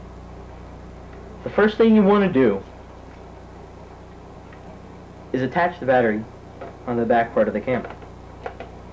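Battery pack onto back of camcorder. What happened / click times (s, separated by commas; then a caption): Battery pack handled against the back of a device, not yet latched / none. Someone talks while a battery pack is being handled at the back of a Panasonic camcorder, with a low steady hum underneath and two faint ticks near 8.5 and 8.6 seconds. The battery has not clicked or seated yet by the end.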